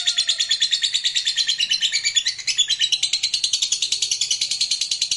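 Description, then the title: Lovebird song: a long, fast chattering twitter of high, buzzy notes, continuous throughout. Used to stimulate a lazy, quiet lovebird into singing. "LOVEBIRD Malas Bunyi JADI GREGET SPONTAN Langsung NARIK"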